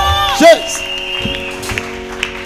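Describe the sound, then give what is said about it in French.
A church audience cheering and calling out acclamations of joy together during a praise service, with a loud rising shout near the start over a steady sustained musical tone and a busy crowd murmur throughout. “Ah, est-ce que tu peux exagérer avec les acclamations?”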